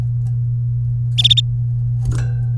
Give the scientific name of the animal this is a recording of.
Serinus canaria